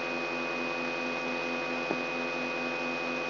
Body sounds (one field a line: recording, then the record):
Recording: brain microelectrode recording played as sound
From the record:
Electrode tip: outside the subthalamic nucleus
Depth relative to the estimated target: -4 mm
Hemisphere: right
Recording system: AlphaMap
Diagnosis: Parkinson's disease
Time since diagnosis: 9 years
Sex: female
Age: 46 years